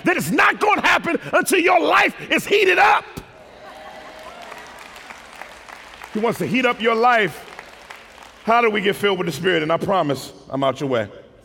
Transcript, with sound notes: But it's not going to happen until your life is heated up! He wants to heat up your life! [applause] How do we get filled with the Spirit? Then I promise, I'm outta your way.